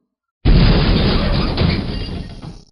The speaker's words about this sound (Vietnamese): Một trận ầm ầm vang lớn, thạch môn chậm rãi dâng lên,